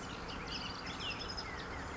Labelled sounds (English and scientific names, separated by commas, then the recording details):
Bullock's Oriole (Icterus bullockii)
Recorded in Sonoma County, California